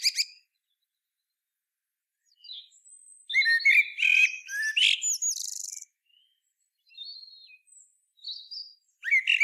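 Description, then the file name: Common blackbird giving one main burst of mixed warbles and shrill twitters, with short high notes before and after and long quiet stretches. "Turdus merula"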